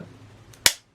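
The plastic tail of an action-figure toy dinosaur is pushed onto the body peg. After a faint tick at 0.5 s, it snaps home with a sharp, loud click at 0.7 s that fades out quickly over a low background hum. The tail is seated on the body.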